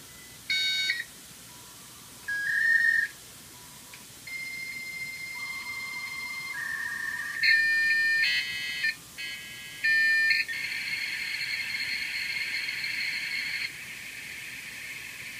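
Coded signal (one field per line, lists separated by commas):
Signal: dial-up modem handshake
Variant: 56k (V.90)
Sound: dial tones, answer tone, warbling bursts and chirps, then steady wide hiss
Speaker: right and we are almost connected actually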